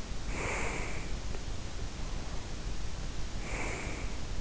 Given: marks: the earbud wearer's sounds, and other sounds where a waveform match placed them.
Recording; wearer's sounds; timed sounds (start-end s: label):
sounds in sleep by an in-ear microphone; breath
0.00-1.33 s: breath
3.15-4.41 s: breath